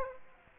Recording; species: mosquito wingbeat signal from an infrared sensor; Aedes aegypti